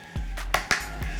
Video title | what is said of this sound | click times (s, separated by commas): First Look: Acase for iPad Air | snaps right in everything snaps in and it's in there | 0.5 s, 0.7 s